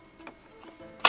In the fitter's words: certo punto ti entra in sede si blocca e quindi capisci che è stato messo bene